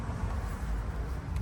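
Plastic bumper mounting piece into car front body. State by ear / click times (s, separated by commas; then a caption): not seated / none. A plastic bumper mounting piece on the front body of a 2012-2018 Ford Focus Hatchback is handled and pushed toward its spot before the front bumper cover is refitted, over steady low rumbling noise with no distinct impacts. The clip ends before the part goes home; nothing has seated or clicked yet.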